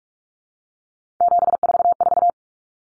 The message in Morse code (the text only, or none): 744